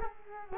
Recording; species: mosquito wingbeat signal from an infrared sensor; Culex quinquefasciatus